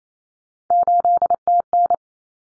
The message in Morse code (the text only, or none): 8TN